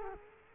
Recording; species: mosquito wingbeat signal from an infrared sensor; Culex quinquefasciatus